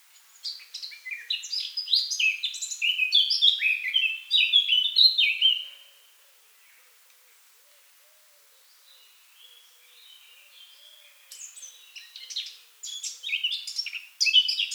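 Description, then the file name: Eurasian blackcap song, a rich rapid warble for several seconds, a quiet pause, then another jumbled burst of high chattering notes. "Sylvia atricapilla"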